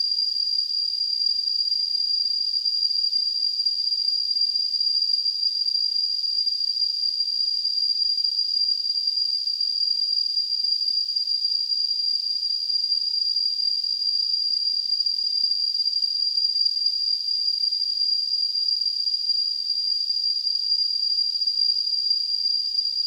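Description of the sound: Steady, unbroken high-pitched ringing with a narrow hiss around it: a simulated tinnitus sound.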